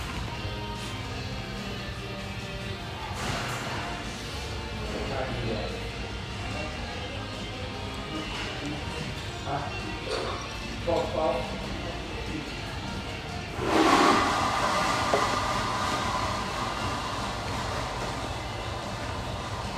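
A steady hum fills an espresso house near the Vancouver riverfront, with a low rumble and murmured voices running throughout. Brief clatters come and go, and around fourteen seconds a louder burst rises with a thin whistling tone before settling back.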